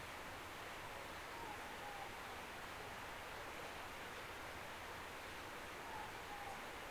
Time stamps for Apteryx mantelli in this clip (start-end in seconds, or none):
none